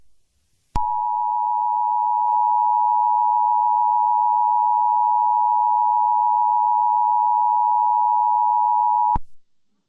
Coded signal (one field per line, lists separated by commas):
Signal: Emergency Alert System (SAME) tones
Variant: 853 and 960 Hz attention tone